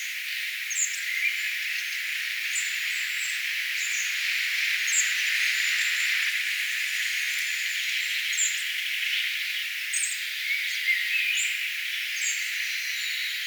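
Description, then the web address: Spotted flycatcher giving a long run of scattered thin, high squeaky notes, with faint lower twittering and steady hiss underneath. Singing; recorded 4 June 2025. "paivat 4 6 2025 harmaasieppo laulaa"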